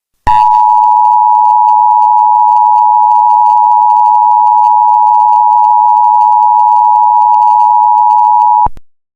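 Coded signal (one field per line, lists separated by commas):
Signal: Emergency Alert System (SAME) tones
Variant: 853 and 960 Hz attention tone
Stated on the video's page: EAS scenario recreation using valid EAS tones.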